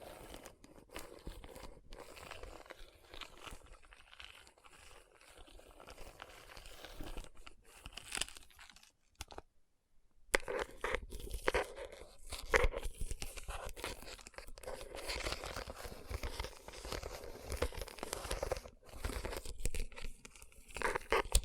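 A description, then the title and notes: Dense scratchy rubbing and tapping on rhinestone-covered palms, crinkling and crunchy, with a brief silent gap near ten seconds before resuming. Tapping & Rubbing Rhinestone Covered Palms.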